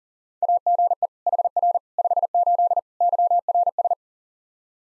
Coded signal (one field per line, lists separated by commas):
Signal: Morse code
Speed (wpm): 40 wpm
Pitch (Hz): 700 Hz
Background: none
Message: AGE HR 58 YRS